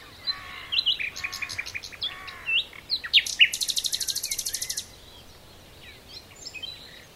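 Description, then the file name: Common nightingale song: varied whistled and chattering phrases, then a fast run of about a dozen sharp, evenly repeated high notes before a quieter pause with faint song. "Luscinia megarhynchos"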